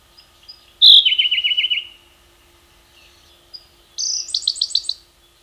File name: suara berkecet siberia omkicau